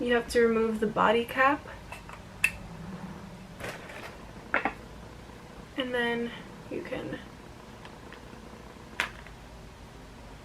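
Someone talks while removing the body cap from a Canon EOS M50 mirrorless camera and handling a kit zoom lens toward the body's bayonet mount, with short, sharp plastic-like ticks at about 2.4 s, 4.5 s and 9.0 s. Nothing has seated or clicked yet; the lens is not locked on by the end of the clip.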